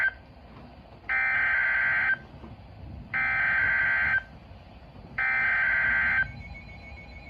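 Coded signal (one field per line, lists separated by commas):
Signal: Emergency Alert System (SAME) tones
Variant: header bursts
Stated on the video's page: Real tornado and severe thunderstorm warning SAME alerts received from NOAA weather radio station in Columbus, Ohio.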